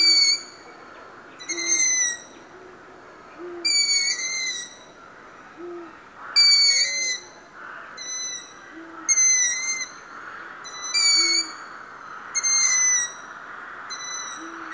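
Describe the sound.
Long-eared owl giving a series of shrill, squeaky calls at fairly even intervals, with quiet low notes between them, over a steady background hiss.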